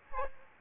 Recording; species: mosquito wingbeat signal from an infrared sensor; Aedes aegypti